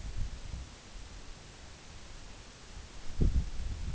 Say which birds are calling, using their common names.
none